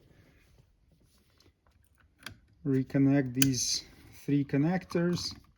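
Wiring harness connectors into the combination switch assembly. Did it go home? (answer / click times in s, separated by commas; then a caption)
no / none. Three wiring harness plug connectors are handled near the plastic turn signal and headlight combination switch assembly of a 2007-2021 Toyota Tundra, ready to be pushed back onto it. Faint small ticks come around 1.4 to 2.0 seconds, then a sharper tick at about 2.3 seconds, and someone talks. None of the connectors has seated or clicked yet.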